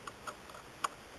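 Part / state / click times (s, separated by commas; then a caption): battery cover piece onto airsoft SMG body / seated / 0.8 s. A cover piece is refitted onto an airsoft MP7 SMG replica after the battery is inserted. Two lighter taps at about 0.1 and 0.3 seconds come before a sharp click at 0.9 seconds as the piece clicks into place.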